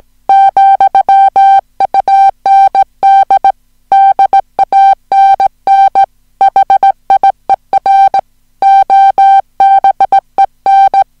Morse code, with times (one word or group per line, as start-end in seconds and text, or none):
0.3-3.5 ,UND
3.9-6.0 DANN
6.4-8.2 HIER
8.6-11.0 OBEN